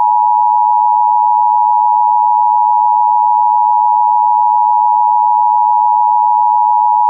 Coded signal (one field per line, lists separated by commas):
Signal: Emergency Alert System (SAME) tones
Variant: 853 and 960 Hz attention tone